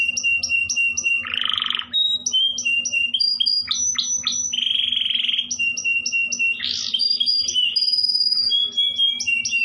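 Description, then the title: Canary song: continuous varied medley of rapid whistled notes, fast downward sweeps and dense warbled rolls, with a steady low hum underneath throughout. Song style called cengkok, described as luxurious (mewah). "Cengkok Kenari Mewah. Kenari lagu mewah"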